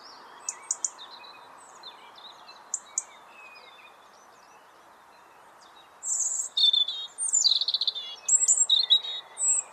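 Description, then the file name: European robin song of quick high twittering and warbling notes in the second half, preceded by sparse sharp high ticks and a steady low hum. "Erithacus rubecula"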